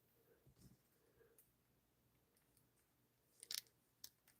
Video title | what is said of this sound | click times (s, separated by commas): NECA The Nightmare Before Christmas Mayor & Sally LIVE DOUBLE UNBOXING! | and that just snaps right into place the bangs Hold the top part in place and then it's got | 4.0 s